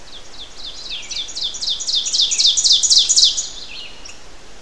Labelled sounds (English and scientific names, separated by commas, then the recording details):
Ovenbird (Seiurus aurocapilla) song
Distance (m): 10 m
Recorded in boreal forest in Alberta, Canada, on 12 June 2016 at 06:00
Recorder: SongMeter 3, array SBT-3-18
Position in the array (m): 229 m, 89 m
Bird 31